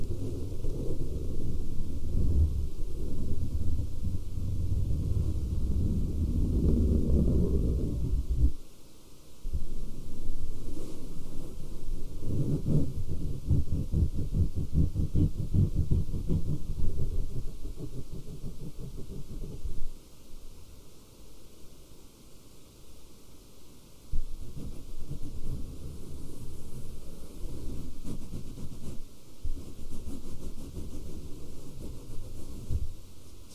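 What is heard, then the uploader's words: Aggressive scratching on fabric, a dense, nearly continuous rubbing with a muffled, low rumbling texture. It breaks off briefly near 9 seconds and again around 24, and grows softer from about 20 seconds onward. ASMR SCRATCHING FABRIC NO TALKING, FABRIC SOUNDS, AGGRESSIVE FABRIC SCRATCHING ASMR.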